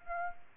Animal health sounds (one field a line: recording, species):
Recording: mosquito wingbeat signal from an infrared sensor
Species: Aedes aegypti